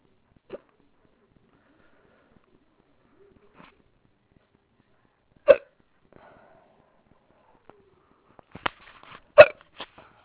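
Several sharp, abrupt hiccups from an adult woman at irregular intervals, clustering near the end, part of one continuing hiccup bout.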